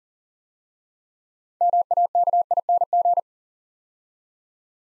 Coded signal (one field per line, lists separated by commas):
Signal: Morse code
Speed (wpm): 40 wpm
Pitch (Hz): 700 Hz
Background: none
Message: MAKING